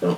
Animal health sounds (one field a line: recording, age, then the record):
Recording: pig call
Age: piglet (1 to 25 days)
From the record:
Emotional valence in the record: positive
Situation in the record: huddling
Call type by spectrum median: low-frequency call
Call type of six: low-frequency tonal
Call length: 0.18 s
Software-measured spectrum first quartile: 204 Hz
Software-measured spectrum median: 394 Hz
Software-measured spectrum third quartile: 567 Hz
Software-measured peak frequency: 445 Hz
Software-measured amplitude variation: 123 dB a second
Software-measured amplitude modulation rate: 14.0 a second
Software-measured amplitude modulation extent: 8.8 dB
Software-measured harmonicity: 1.1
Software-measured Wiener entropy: -0.64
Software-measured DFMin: 854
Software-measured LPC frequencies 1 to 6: 451, 1143, 2913, 4653, 5620, 6623 Hz